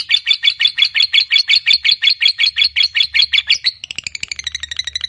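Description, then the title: Lovebird in rapid, even chattering of shrill notes, shifting to a higher, thinner trill near the end. Fighter lovebird giving a long ngekek. "Suara Lovebird FIGHTER NGEKEK PANJANG"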